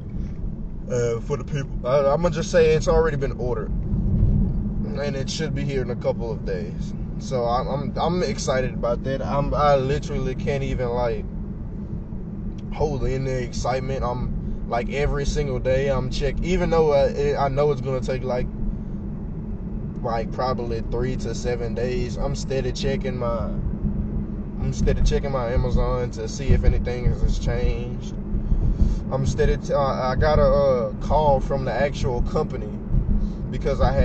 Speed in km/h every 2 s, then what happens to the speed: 37, 42, 44, 44, 45, 45, 45, 45, 45, 50, 53, 56, 56, 58, 58, 58, 58.
0-7 speeds up to 45. 7-16 steady at about 45. 16-22 speeds up to 56. 22-34 steady at about 58.